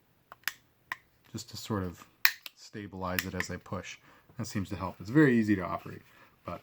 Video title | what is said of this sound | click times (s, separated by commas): Spyderco PM2 Sheaths -- The 3 "standard" options | I lock it back up I put those on the lock just to | 0.5 s, 0.9 s